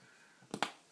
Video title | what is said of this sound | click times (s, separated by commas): Longhorn Longcut Wintergreen | it's very faint. I mean, it is a very faint snap. | 0.5 s, 0.6 s